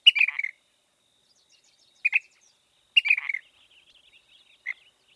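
Ash-throated flycatcher giving burry, rolling calls in three bursts one to two seconds apart, with one short clipped note near the end; otherwise quiet.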